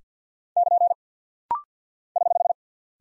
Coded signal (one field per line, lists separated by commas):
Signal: Morse code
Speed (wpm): 50 wpm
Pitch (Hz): 700 Hz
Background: none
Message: <KN> <HH>